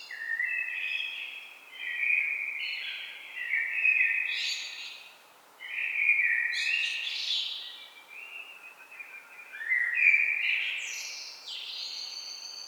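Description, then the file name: Common blackbird song: mellow fluted phrases that rise into squeaky, twittering high flourishes, several phrases following one another with brief pauses. "Turdus merula"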